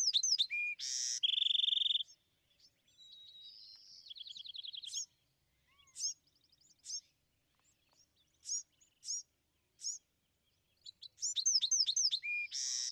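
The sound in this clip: Bewick's wren song repeated: buzzy burst and bright trill, then softer trilled phrases and scattered sharp notes, and a new phrase of rapid slurred whistles beginning near the end.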